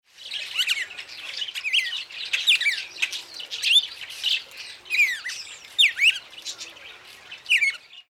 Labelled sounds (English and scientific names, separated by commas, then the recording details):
Red-crested Cardinal (Paroaria coronata)
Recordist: Tembrock, Günter
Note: Gesang